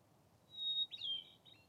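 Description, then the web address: Hermit thrush song: a long pure whistled note followed by a fluty, quavering cascade of tones, against a faint low background hiss. Recorded at a summit bivouac on Defiance on 8 July 2022. "2022-07-08-defiance-summit-bivy hermit-thrush"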